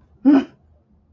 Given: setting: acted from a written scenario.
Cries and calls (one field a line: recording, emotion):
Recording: vocal sound without words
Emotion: anger